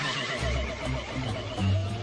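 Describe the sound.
Bear low moaning vocalization, deep harmonic groans repeated in several rough pulses, with a fainter higher rasp above.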